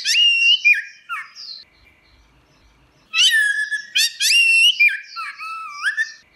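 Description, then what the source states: Orange-headed thrush song: clear, pure whistled phrases with sliding notes, a short pause, then a longer run of loud, varied whistles. Song in the ngeplong style.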